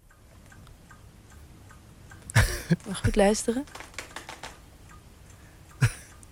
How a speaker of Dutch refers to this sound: mijn ouders hadden altijd zo'n, of hebben eigenlijk nog steeds zo'n grote klok aan de muur hangen